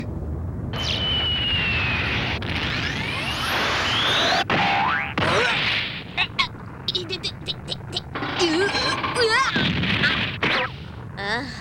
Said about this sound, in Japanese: 何 なんだあの爆発は。